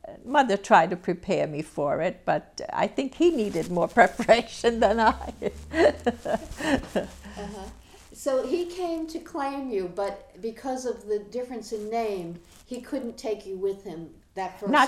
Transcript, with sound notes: Mother tried to prepare me for it but I think he needed more preparation than I. (she laughs)
So he came to claim you but because of the difference in name he couldn't take you with him that first day.